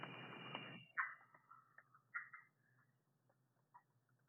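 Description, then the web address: Red-eyed tree frog chucks after a short burst of noise at the start, then several sharp clucks and softer clicks fading out. "Agalychnis callidryas"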